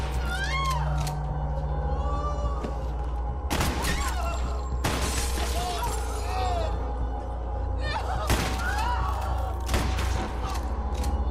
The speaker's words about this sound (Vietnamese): Hai đứa con trai của họ bước vào, Lyle và Eric, mỗi đứa cầm trên tay một khẩu shotgun. Hai vợ chồng chưa kịp phản ứng thì những đứa con đã bóp cò liên tục.